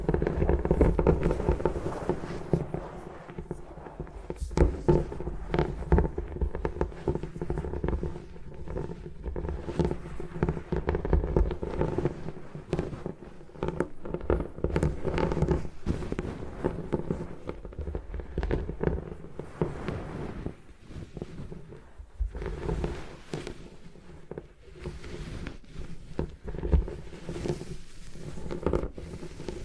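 Gym chalk is crushed and broken apart in a steady run of crumbling, crackling bursts over a dull, low rumble. Sharp snaps come every second or so, with a few louder cracks near the start and around the middle, and some quieter stretches in between.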